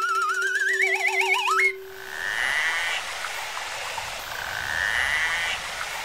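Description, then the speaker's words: Narwhal calls: a couple of drawn-out upswept calls over a hissing, watery background, after a short wavering whistled tone. Played back as a listening quiz. "Det er lyden af en narhval."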